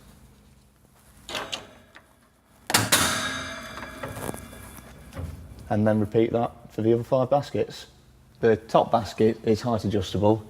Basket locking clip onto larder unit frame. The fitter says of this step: Give it a firm push backwards until it clicks.